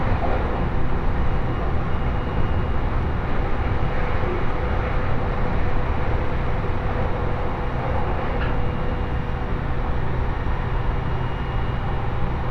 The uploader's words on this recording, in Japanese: 鉄道旅 東北本線 福島→北白川。列車はこの途中で福島県から宮城県へと入っていきます。